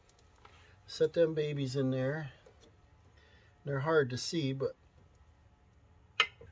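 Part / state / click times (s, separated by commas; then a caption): brake pad into rear brake caliper bracket / seated / 6.2 s. A ceramic brake pad is pressed into its slot in a Subaru rear brake caliper bracket, held by the spring abutment clips, while someone talks. The pad seats with one sharp click at 6.2 seconds and is confirmed in place.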